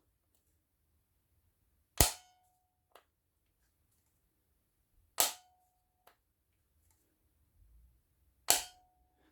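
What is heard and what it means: The angle-adjust head of a Parkside PWBSA 12 A1 12V cordless angled drill is rotated through its locking positions, one of five in total. Sharp, bright clicks ring out at 2.0, 5.2 and 8.5 seconds, each followed shortly by a much fainter tick. Each click marks the head seating into a detent.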